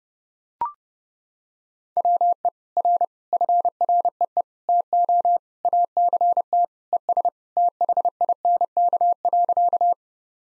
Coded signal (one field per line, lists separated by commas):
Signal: Morse code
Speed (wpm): 30 wpm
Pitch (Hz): 700 Hz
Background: none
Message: WE R FREE TO ACT ES THINK.